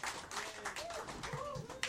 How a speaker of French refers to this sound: Yeah! Elle est en feu. On l'applaudit. On l'applaudit. Bravo,